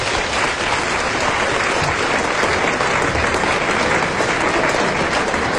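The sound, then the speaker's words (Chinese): Sustained audience applause for two audience volunteers joining a comedy sketch, dense and steady with many hands clapping at once, holding an even loudness for several seconds without a break or any voices on top. “大家给点掌声。”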